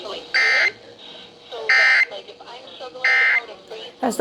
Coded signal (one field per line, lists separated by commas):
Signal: Emergency Alert System (SAME) tones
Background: speech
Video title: Home State Testing | EAS's #863-867